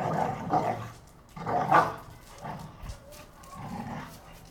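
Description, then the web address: American Pit Bull Terrier: pit bull growls and snarls in several rough bursts, harsh noisy tones with a lower rumble underneath, suggesting dogs fighting. Two pit bulls fighting. "NS Studios - ultra sound collection animals dogs - Pit bull Tessa Pit bull Bahko"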